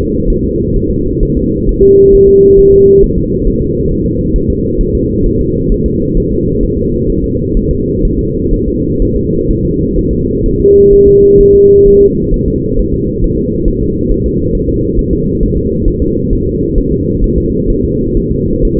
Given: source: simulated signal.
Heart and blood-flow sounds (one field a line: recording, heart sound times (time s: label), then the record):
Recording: fetal heart sounds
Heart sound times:
0.30 s: S1
0.44 s: S2
0.76 s: S1
0.91 s: S2
1.23 s: S1
1.37 s: S2
1.69 s: S1
1.83 s: S2
2.15 s: S1
2.29 s: S2
2.59 s: S1
2.73 s: S2
3.03 s: S1
3.18 s: S2
3.47 s: S1
3.62 s: S2
3.91 s: S1
4.06 s: S2
4.36 s: S1
4.50 s: S2
4.81 s: S1
4.95 s: S2
5.26 s: S1
5.41 s: S2
5.72 s: S1
5.86 s: S2
6.17 s: S1
6.32 s: S2
6.63 s: S1
6.77 s: S2
7.10 s: S1
7.24 s: S2
7.57 s: S1
7.71 s: S2
8.05 s: S1
8.19 s: S2
8.54 s: S1
8.68 s: S2
9.02 s: S1
9.16 s: S2
9.51 s: S1
9.65 s: S2
9.99 s: S1
10.13 s: S2
10.46 s: S1
10.60 s: S2
10.93 s: S1
11.07 s: S2
11.41 s: S1
11.55 s: S2
11.88 s: S1
12.02 s: S2
12.34 s: S1
12.48 s: S2
12.79 s: S1
12.94 s: S2
13.24 s: S1
13.38 s: S2
13.68 s: S1
13.82 s: S2
14.12 s: S1
14.26 s: S2
14.55 s: S1
14.69 s: S2
14.99 s: S1
15.13 s: S2
15.43 s: S1
15.57 s: S2
15.88 s: S1
16.02 s: S2
16.33 s: S1
16.47 s: S2
16.78 s: S1
16.92 s: S2
17.24 s: S1
17.38 s: S2
17.70 s: S1
17.84 s: S2
18.17 s: S1
18.31 s: S2
18.65 s: S1
18.79 s: S2
From the record:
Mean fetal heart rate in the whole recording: 130 bpm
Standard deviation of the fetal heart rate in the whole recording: 4 bpm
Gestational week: 38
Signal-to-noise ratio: -14.7 dB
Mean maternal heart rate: 72 bpm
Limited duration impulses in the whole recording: present